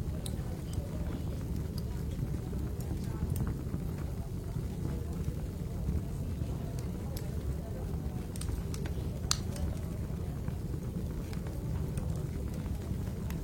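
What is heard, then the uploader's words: Inside a tea shop, a steady, dense low murmur of voices and room noise holds at an even level throughout. Small bright clicks and taps, like cups or utensils, break through now and then, most clearly around three, eight and nine seconds. The Japanese-style matcha tea shop slowly brews tea.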